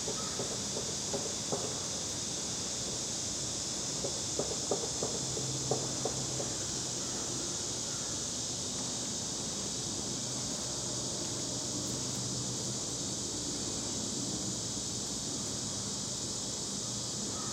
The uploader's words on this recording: Catskills, Outdoor Dusk 2 by Bandeto.